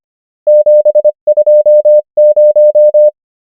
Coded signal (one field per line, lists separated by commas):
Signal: Morse code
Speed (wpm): 25 wpm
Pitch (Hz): 600 Hz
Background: none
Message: 7 2 0